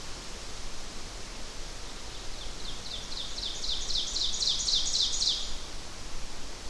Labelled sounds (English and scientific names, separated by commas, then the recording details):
Ovenbird (Seiurus aurocapilla) song
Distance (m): 35 m
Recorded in boreal forest in Alberta, Canada, on 12 June 2016 at 06:06
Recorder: SongMeter 3, array SBT-3-18
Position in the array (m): 229 m, 89 m
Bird 31